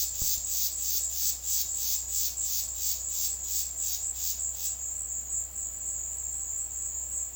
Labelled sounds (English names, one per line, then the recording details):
none
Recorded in dense forest near Puerto Asís, Putumayo, Colombia, on 21 February 2024 at 16:30
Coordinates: 0.485, -76.322
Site G6406